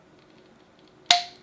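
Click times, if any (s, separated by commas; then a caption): 1.1 s. An AnkerWork B600 video bar webcam is popped onto its mounting bracket and twisted left or right until it locks. After a near-silent stretch with faint ticks around 0.8 and 0.9 seconds, one sharp, loud click rings out at 1.1 seconds and decays quickly. The webcam is seated on its mount.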